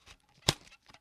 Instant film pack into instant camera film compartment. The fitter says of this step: this will snap right into place here listen look